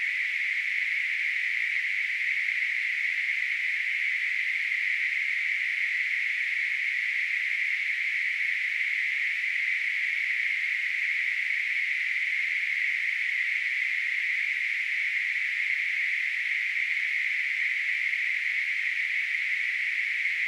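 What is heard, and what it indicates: A steady, unchanging band of hissing noise centered around 2 kHz, continuous throughout, simulating the sound of tinnitus.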